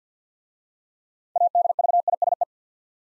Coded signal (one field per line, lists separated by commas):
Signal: Morse code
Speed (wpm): 47 wpm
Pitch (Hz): 700 Hz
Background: none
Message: ADVISE